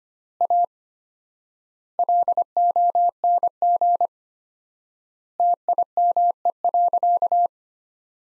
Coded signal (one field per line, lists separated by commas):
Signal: Morse code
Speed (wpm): 25 wpm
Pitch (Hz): 700 Hz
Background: none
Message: A LONG TIME.